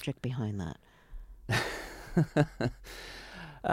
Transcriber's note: soundbite of laughter